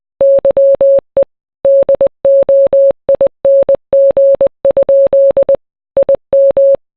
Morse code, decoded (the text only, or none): YE DOING? IM